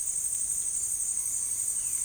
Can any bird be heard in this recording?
yes